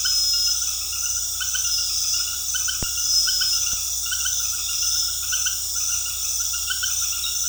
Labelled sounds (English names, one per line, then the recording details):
none
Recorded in dense forest near Puerto Asís, Putumayo, Colombia, on 21 February 2024 at 19:30
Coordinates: 0.485, -76.322
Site G6406